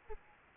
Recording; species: mosquito wingbeat signal from an infrared sensor; Aedes albopictus